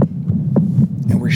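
Muffled low thumping of an adult man's heartbeat, picked up on a cell phone, over a steady background hum. He has a history of quadruple bypass heart surgery.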